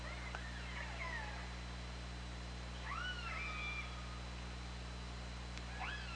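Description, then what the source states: Killer whale calls, repeated harmonic calls that rise quickly then glide level or downward, several in a few seconds, against a droning low underwater hum. Recorded by OrcaLab hydrophone on 24 August 2017.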